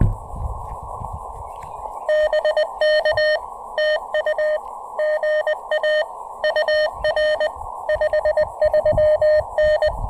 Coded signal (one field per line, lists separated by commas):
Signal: Morse code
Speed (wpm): 21 wpm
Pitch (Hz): 610 Hz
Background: none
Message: BK TU GA UR 53N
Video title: Brunswick Town SHS POTA: Battling the bands with two field antennas and one cool new AX1 accessory!